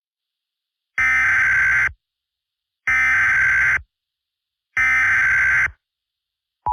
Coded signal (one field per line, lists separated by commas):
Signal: Emergency Alert System (SAME) tones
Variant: header bursts